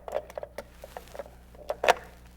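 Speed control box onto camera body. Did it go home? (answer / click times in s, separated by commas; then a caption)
no / none. A speed control box is being fitted onto an Arricam camera body in place of a removed panel. Light tapping and handling clicks are heard, with sharper knocks near 1.7 s and 1.9 s. Nothing has seated or locked yet.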